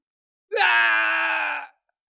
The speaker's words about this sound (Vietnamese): Đột nhiên tiếng kêu thảm thiết thê lương truyền tới, ở bên ngoài mấy chục dặm có tu sĩ sợ hãi hét lớn.